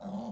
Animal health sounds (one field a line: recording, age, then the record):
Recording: pig call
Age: piglet (1 to 25 days)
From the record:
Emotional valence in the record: negative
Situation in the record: short isolation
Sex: male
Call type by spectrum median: low-frequency call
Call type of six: low-frequency modulated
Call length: 0.33 s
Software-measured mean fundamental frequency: 69 Hz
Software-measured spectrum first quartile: 205 Hz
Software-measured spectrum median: 322 Hz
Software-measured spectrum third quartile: 742 Hz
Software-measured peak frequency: 210 Hz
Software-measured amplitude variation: 109 dB a second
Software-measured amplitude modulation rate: 23.1 a second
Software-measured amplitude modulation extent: 4.7 dB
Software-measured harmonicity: 5.6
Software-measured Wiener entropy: -0.59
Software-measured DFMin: 1037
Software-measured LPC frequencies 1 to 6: 714, 3290, 3809, 4590, 5744, 6545 Hz